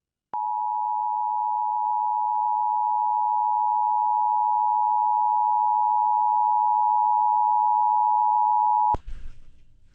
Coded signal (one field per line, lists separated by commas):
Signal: Emergency Alert System (SAME) tones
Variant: 853 and 960 Hz attention tone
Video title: Moderate Madness | EAS Alerts from 3/2/23 (EAS #306-330)